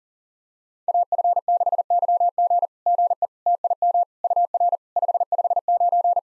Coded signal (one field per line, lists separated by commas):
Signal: Morse code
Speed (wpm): 40 wpm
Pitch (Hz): 700 Hz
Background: none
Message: AF6YG GE TIM UR 559